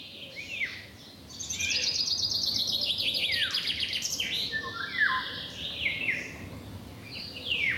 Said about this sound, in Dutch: De wielenwaal, die kun je momenteel in Nederland horen. Maar John van der Langenberg hoorde hem ook op vakantie in Midden-Frankrijk. In combinatie met een knijterharde vink.